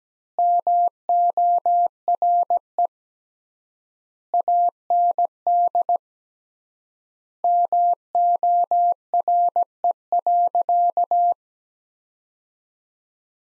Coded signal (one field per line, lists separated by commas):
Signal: Morse code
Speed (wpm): 17 wpm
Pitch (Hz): 700 Hz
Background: none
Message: MORE AND MORE.